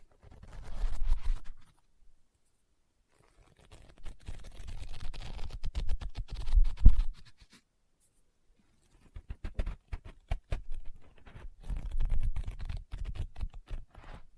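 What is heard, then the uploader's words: Fingers tap and scratch on a book in three bursts, around the first second, from four to seven seconds, and from nine seconds to the end. Each burst is a dense, fast patter of dry clicks with a soft low thud underneath, separated by silence. Book Tapping, Scratching, Page Turning.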